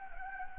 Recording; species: mosquito wingbeat signal from an infrared sensor; Anopheles gambiae